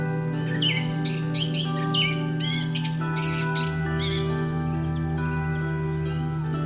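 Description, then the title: Bird twitters almost continuously for the first four seconds with rapid, varied high chirps, then goes quieter, against a steady low hum. "SuaraBurung Kicau"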